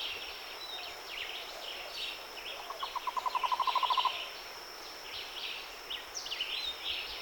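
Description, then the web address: Cuban trogon producing a quick run of pulsed notes that grows louder for about a second and a half, surrounded by chirps and trills of other birds. "Cuban trogon. صدای-پرنده-لانه-کن-کوبایی"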